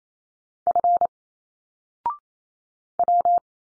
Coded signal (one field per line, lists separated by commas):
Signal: Morse code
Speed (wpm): 28 wpm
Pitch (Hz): 700 Hz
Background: none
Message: F W